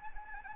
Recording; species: mosquito wingbeat signal from an infrared sensor; Anopheles arabiensis